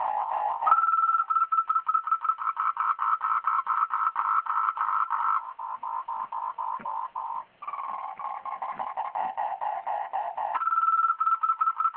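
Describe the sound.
Frog with a long, busy run of fast pulsed notes that switches between higher tonal and lower buzzy pitches, barely pausing, with a short gap midway.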